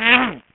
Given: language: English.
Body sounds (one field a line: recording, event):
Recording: throat vibration sensor signal played as sound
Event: throat clearing